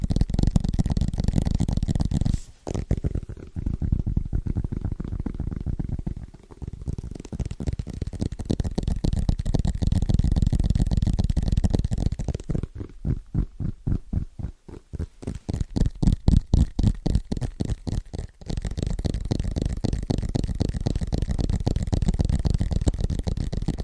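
Fast, rhythmic tapping on assorted objects, mostly a dense low rattling drum of quick hits. Around 13 to 18 seconds the taps separate into sharper, evenly spaced clicks, with brief pauses near 2.5 and 6 seconds before the thick tapping resumes.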